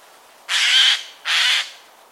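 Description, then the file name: Eurasian jay uttering two loud, grating screeches, each broad and rasping, against a quiet background. "Garrulus glandarius"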